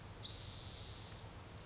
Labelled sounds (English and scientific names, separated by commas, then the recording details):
Spotted Towhee (Pipilo maculatus)
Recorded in Sonoma County, California